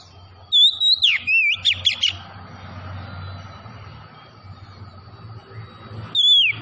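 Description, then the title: Oriental magpie-robin song: a quick burst of loud, sweeping whistled notes and sliding phrases, then a pause before another short whistled phrase near the end, over a low hum. Tretes variety; singing vigorously (gacor). "Kacer Tretes Gacor"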